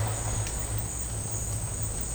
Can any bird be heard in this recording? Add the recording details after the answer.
no. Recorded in dense forest near Puerto Asís, Putumayo, Colombia, on 26 December 2024 at 12:00. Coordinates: 0.468, -76.322. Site G071